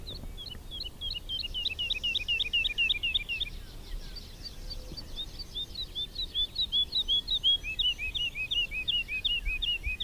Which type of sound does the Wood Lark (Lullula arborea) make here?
flight song